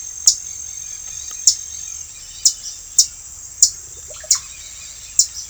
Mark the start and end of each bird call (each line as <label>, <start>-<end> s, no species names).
bird call, 0.21-5.50 s